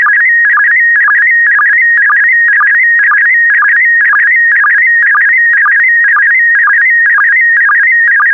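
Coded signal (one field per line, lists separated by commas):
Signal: SSTV (slow-scan television)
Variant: PD120 mode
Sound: warbling tone hopping between pitches, with a low chirp about twice a second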